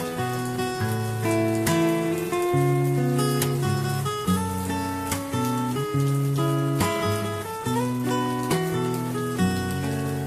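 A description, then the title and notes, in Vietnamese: Guitar music plays over the sound of rain. Plucked notes ring out at a gentle, regular pace, with low bass notes shifting every second or two, while a steady, fine hiss of rainfall runs underneath at an even level. Nhạc Guitar với tiếng mưa.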